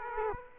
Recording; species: mosquito wingbeat signal from an infrared sensor; Aedes aegypti